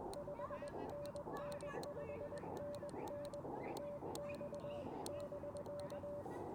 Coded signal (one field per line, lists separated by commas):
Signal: Morse code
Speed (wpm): 21 wpm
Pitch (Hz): 580 Hz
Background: none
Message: 5NN 5NN TX <BK>